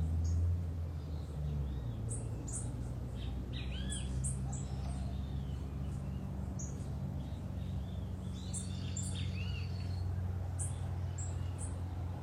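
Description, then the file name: Sapphire-spangled emerald calls: thin, very high chips scattered throughout, while other birds give lower whistled and warbled notes over a steady low hum. "BEIJA FLOR DE PEITO AZUL"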